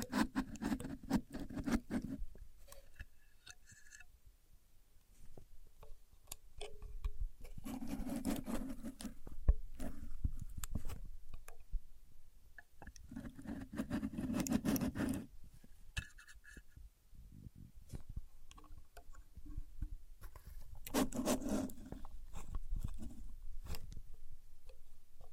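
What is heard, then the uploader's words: A contour gauge is handled with no talking, its pins sliding and clicking in dense rattling bursts. Louder scraping passes come at about 0–2, 8–10, 13–15 and 21–23 seconds, with quieter ticks, taps and shuffling between them. Using A Contour Gauge (No Talking).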